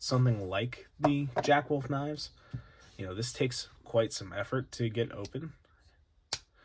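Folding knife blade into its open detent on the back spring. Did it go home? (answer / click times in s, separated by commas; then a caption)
yes / 6.3 s. Someone talks while a slipjoint folding knife with a strong back spring is opened with some effort. The blade snaps into its open detent on the back spring with a sharp click at 6.3 seconds.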